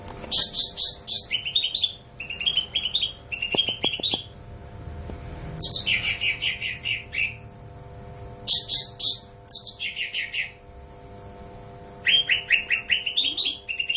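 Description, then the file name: Bulbul song in repeated phrases every few seconds, each a fast run of bright notes stepping from high to lower pitch. "suara cucak ranti"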